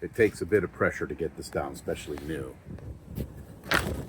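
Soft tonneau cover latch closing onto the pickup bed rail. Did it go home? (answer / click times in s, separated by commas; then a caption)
yes / 3.8 s. Someone talks while pressing down the rail clamp latch of a new, stiff RealTruck TruXedo TruXport soft roll-up tonneau cover (2019–2025) onto the pickup bed rail with firm pressure. A sharp click is heard at 3.8 s as the clamp seats and locks into place.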